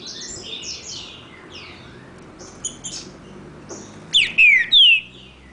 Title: Trinca Ferro NICÃ O No Mato Disputando Com Solto